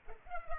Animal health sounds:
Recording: mosquito wingbeat signal from an infrared sensor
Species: Culex pipiens

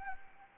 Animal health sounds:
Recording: mosquito wingbeat signal from an infrared sensor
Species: Anopheles arabiensis

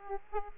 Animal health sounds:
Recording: mosquito wingbeat signal from an infrared sensor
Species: Aedes aegypti

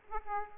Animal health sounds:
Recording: mosquito wingbeat signal from an infrared sensor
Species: Aedes aegypti

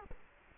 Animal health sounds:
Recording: mosquito wingbeat signal from an infrared sensor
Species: Culex quinquefasciatus

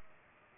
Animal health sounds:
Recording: mosquito wingbeat signal from an infrared sensor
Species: Culex pipiens

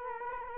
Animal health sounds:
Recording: mosquito wingbeat signal from an infrared sensor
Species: Culex quinquefasciatus

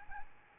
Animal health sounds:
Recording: mosquito wingbeat signal from an infrared sensor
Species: Aedes albopictus

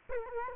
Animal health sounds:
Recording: mosquito wingbeat signal from an infrared sensor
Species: Culex quinquefasciatus

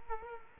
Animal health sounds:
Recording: mosquito wingbeat signal from an infrared sensor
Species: Culex quinquefasciatus

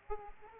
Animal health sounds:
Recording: mosquito wingbeat signal from an infrared sensor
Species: Aedes aegypti

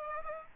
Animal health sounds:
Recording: mosquito wingbeat signal from an infrared sensor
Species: Aedes aegypti

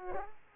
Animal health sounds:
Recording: mosquito wingbeat signal from an infrared sensor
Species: Culex pipiens

